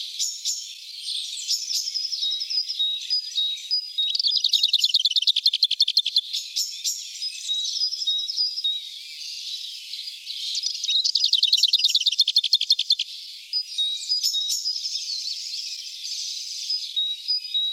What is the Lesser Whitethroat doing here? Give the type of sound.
song